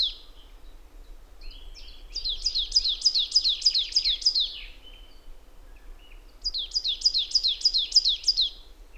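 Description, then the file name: Marsh tit calling in two bursts of several high, sharp, down-swept notes, about three per second, separated by a short pause. "Poecile palustris"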